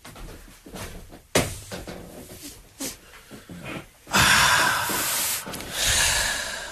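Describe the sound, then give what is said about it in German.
A door that had not been fully closed is pushed shut: a sharp thump, a softer knock a moment later, then two long rushing, scraping swells of noise as it swings and settles. “Warten Sie, machen nur die Tür zu, Sie haben die Tür nicht ganz zugemacht.”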